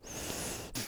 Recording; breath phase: one breath near a microphone; exhalation